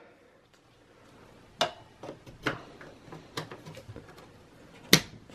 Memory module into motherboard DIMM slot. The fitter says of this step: when you stole the memory properly you're gonna hear two clicks now